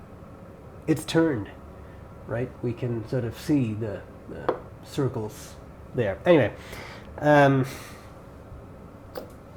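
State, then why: Released. Someone talks while handling an Andhand Method brass fountain pen, then pulls the brass cap off its metal body. A short, sharp pop sounds at 9.2 seconds as the cap comes free, and the cap is released.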